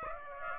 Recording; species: mosquito wingbeat signal from an infrared sensor; Aedes aegypti